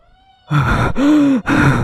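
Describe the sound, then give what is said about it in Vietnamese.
Heavy panting of a man who has run down a mountain and suddenly stopped: three loud, ragged breaths in quick succession, the middle one voiced into a strained groan, with no talking. “Hãy không dừng lại mà nhắm theo con đường về nhà, chạy trối chết cho đến khi anh đột ngột dừng lại hổn hển.”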